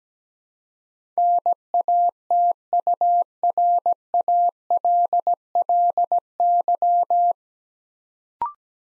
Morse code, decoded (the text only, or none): NATURALLY